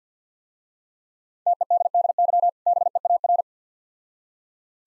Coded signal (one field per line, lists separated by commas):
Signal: Morse code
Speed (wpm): 50 wpm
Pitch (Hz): 700 Hz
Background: none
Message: TEDDY BEAR